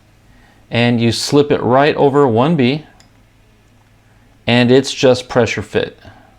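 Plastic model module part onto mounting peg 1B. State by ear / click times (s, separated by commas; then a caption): not seated / none. Someone talks while a plastic module part, 1A, of a DeAgostini ISS scale model is slipped over mounting peg 1B and pushed on as a pressure fit. No clear click stands out over the talking, and the part has not snapped or seated yet.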